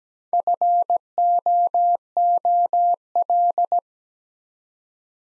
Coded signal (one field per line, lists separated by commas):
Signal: Morse code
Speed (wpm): 17 wpm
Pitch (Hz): 700 Hz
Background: none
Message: FOOL